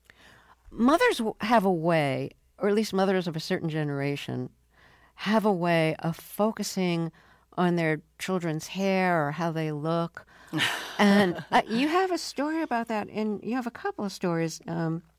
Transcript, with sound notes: Mothers have a way - or at least mothers of a certain generation have a way of focusing on their children's hair or how they look.
(Laughter).
And you have a story about that, and you have a couple of stories